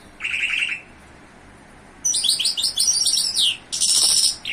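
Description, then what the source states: Bimaculated lark song: a short rattled trill, a pause, then rapid chirping notes and a loud harsh burst. In Iran.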